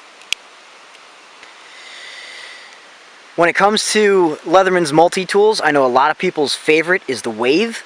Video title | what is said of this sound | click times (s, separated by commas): Leatherman Wingman Review | Knife also locks into place. | 0.3 s